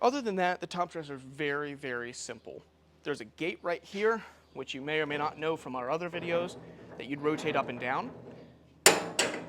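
Someone talks, then the steel gate on the hopper of a MultiSpread 65PT topdresser is rotated and locks into place with a sharp metallic knock at 8.9 s, followed by a quieter knock at 9.2 s.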